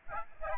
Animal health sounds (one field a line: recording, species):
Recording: mosquito wingbeat signal from an infrared sensor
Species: Aedes albopictus